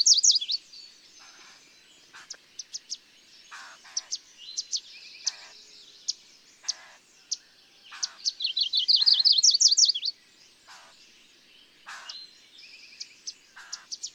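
Bird song: many sharp high chips and short bursts, with one fast run of swooping trilled notes in the middle.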